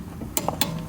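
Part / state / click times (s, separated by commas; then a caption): click-type torque wrench on a wheel lug nut / torque reached / 0.6 s. A Power Fist click-type torque wrench, set to 100 foot-pounds with a socket on it, tightens a lug nut while winter wheels are fitted to a VW MK7 GTI. Two short metallic ratcheting ticks come at about 0.4 s and 0.5 s, then the sharp click of the wrench reaching its setting at 0.6 s. The lug nut is torqued to spec.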